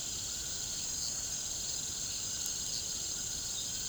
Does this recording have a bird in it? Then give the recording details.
no. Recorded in pastures near Puerto Asís, Putumayo, Colombia, on 23 June 2025 at 18:30. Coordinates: 0.472, -76.331. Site G095